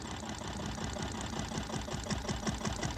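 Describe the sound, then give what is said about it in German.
A tractor engine runs steadily with a fast, rhythmic mechanical chugging, a dense rattling drone that stays at an even, fairly loud level throughout with no voices. “Mach aber nichts kaputt, der Mann braucht seinen Traktor noch.”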